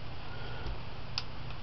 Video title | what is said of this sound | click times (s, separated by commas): Urostomy System Change | you make sure to snap that into place there once you have that snapped into place you | 1.2 s